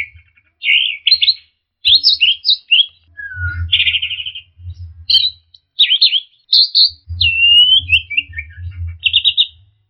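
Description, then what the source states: Orange-headed thrush delivering a lively song of mixed warbles, buzzy notes and a long sliding whistle that falls away, phrases following closely, with a low rumble in the background. Song from a masteran training recording, used as a model for birds to learn from.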